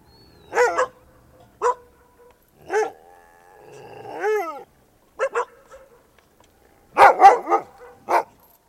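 Dog barking: short sharp barks and yips scattered over nine seconds, a drawn-out rising and falling whine in the middle, and a quick cluster of barks near the end.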